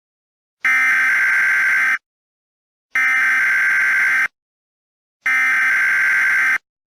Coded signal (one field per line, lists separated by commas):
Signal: Emergency Alert System (SAME) tones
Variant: header bursts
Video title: EAS Scenario: Trump's Impeachment